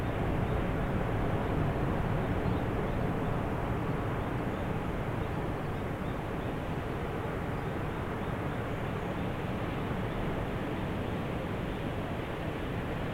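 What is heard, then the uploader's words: Distant ocean waves make a steady, dense roar from a seaside cliff, low and even throughout with no distinct breaks or other sounds. A cliff by the sea on a mid-autumn day. It's the afternoon, the sun is setting over the hill and everything is starting to slow down...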